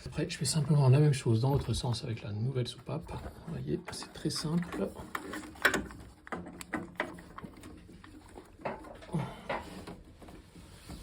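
A new 3 bar safety valve is being fitted on a De Dietrich MCR boiler in place of the old, suspected faulty one, and is handled toward its retaining clip on the boiler's hydraulic block. Someone talks while sharp handling knocks sound around 5.7 s and between 6.6 and 7.0 s. Nothing has seated or clicked yet.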